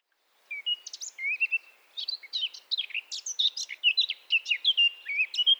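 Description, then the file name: Eurasian blackcap singing a fast, varied warble that mixes scratchy notes with clear fluty slurs, running almost without pause after a brief quiet start. "Sylvia atricapilla"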